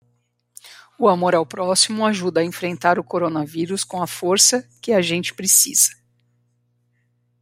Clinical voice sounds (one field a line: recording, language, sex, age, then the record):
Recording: spoken sentence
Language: Brazilian Portuguese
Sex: female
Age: 50 to 59 years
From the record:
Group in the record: control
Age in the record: 53 years